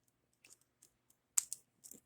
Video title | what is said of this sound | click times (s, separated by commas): The Eye of Horus? | let's go ahead and lock this one we're almost done with this video | 1.4 s